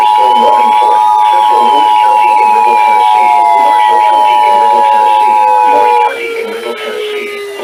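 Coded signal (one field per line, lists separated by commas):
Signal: Emergency Alert System (SAME) tones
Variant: 853 and 960 Hz attention tone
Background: speech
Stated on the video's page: NOAA Weather Radio alerts.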